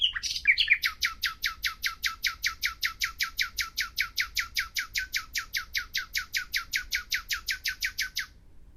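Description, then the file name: Common nightingale song: after a brief jumbled start, one long run of fast, evenly repeated loud chirping notes continues for several seconds. "Luscinia megarhynchos"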